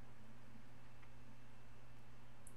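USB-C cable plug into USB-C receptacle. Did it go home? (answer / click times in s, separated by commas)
yes / 2.5 s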